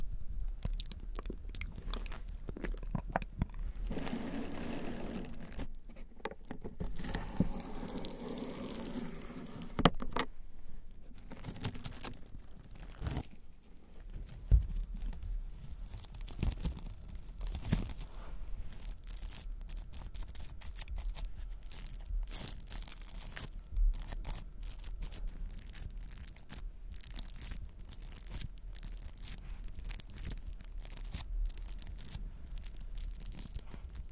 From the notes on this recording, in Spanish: Sonidos de boca y algunos de manos y miel